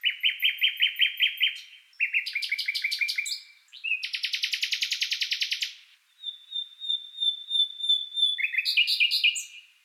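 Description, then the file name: Common nightingale singing varied phrases: fast repeated chirping trills, a rapid buzzy rattle, and a long pure whistle, each phrase different, with short pauses between. "nachtigall"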